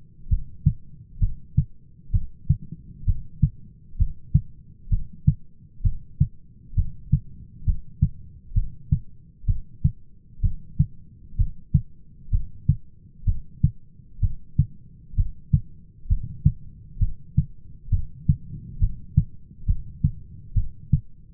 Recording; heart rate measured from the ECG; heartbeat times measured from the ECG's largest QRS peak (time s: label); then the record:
heart sounds by stethoscope; 65 bpm
0.31 s: heartbeat
1.21 s: heartbeat
2.13 s: heartbeat
3.07 s: heartbeat
3.99 s: heartbeat
4.91 s: heartbeat
5.84 s: heartbeat
6.77 s: heartbeat
7.67 s: heartbeat
8.56 s: heartbeat
9.48 s: heartbeat
10.43 s: heartbeat
11.38 s: heartbeat
12.32 s: heartbeat
13.27 s: heartbeat
14.22 s: heartbeat
15.17 s: heartbeat
16.10 s: heartbeat
17.01 s: heartbeat
17.92 s: heartbeat
18.81 s: heartbeat
19.68 s: heartbeat
20.56 s: heartbeat
From the record:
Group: heart failure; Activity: rest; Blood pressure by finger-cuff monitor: 130/94 mmHg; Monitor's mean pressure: 107 mmHg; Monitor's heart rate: 65 bpm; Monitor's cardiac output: 6 L/min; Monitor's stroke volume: 91 mL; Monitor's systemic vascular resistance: 1350 dyn s/cm5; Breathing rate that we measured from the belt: 16 breaths a minute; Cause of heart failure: idiopathic cardiomyopathy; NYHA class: 1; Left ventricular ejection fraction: 50%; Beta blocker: bisoprolol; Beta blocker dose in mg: 5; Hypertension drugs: candesartan, spironolactone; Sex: male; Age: 54 years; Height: 180 cm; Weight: 94.6 kg